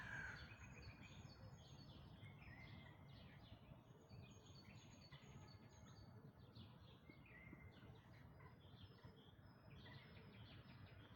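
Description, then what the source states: Birds in a dawn chorus: dense overlapping high twitters, chirps and brief whistled phrases continuing throughout, with a constant low-pitched background rumble. Dawn chorus of birds recorded in May 2026.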